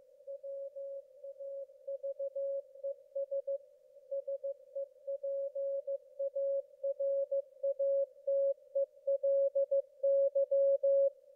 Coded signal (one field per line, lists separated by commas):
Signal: Morse code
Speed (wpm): 15 wpm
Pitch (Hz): 550 Hz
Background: none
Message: WAVES SEPARATELY